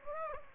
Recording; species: mosquito wingbeat signal from an infrared sensor; Aedes aegypti